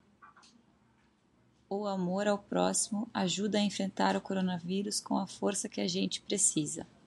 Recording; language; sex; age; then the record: spoken sentence; Brazilian Portuguese; female; 30 to 39 years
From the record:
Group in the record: control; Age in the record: 37 years